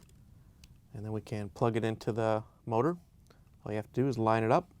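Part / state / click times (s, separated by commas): wire harness connector into dishwasher diverter motor / not seated / none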